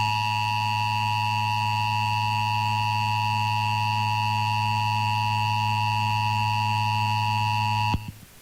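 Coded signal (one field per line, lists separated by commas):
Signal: Emergency Alert System (SAME) tones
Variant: 853 and 960 Hz attention tone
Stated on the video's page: Tornado Watch relayed a second time on an FM station, from the Storm Prediction Center.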